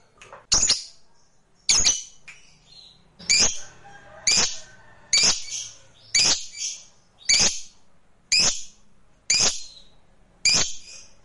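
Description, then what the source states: Lovebird giving loud, harsh, screeching notes roughly once a second, each a broad noisy burst, with softer chatter between them. Recording meant to prompt a lazy, quiet lovebird into eager spontaneous singing.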